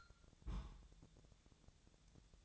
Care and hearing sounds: daily activity, microphone in the room; place on stove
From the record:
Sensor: 3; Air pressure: 999.4 hPa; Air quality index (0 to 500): 196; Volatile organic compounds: 43 ppm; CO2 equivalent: 3198 ppm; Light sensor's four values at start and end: 7/18/7/7 and 7/18/7/7

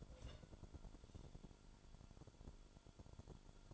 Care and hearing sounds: daily activity, microphone in the room; take from stove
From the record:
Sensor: 5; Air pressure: 1008.2 hPa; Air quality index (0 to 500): 125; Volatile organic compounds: 1 ppm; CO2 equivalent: 957 ppm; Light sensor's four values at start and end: 28/63/26/26 and 28/63/26/26

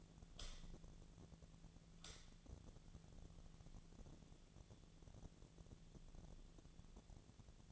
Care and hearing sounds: daily activity, microphone in the room; light on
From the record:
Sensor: 4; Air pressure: 1010.7 hPa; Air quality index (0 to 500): 170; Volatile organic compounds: 5 ppm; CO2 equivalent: 1728 ppm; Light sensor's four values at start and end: 39/113/45/46 and 39/113/45/46

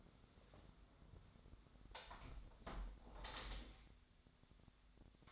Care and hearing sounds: daily activity, microphone in the room; close window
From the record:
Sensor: 3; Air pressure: 1006.6 hPa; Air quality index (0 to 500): 205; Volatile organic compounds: 18 ppm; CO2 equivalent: 2614 ppm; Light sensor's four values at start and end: 10/24/10/10 and 10/24/10/10

